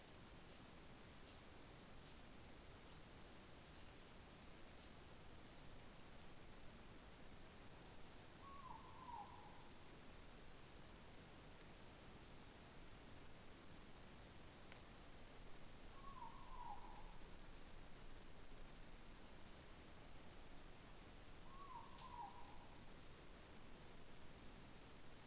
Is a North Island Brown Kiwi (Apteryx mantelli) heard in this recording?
no